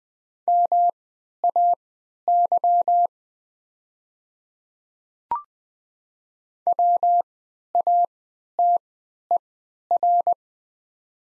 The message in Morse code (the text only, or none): MAY WATER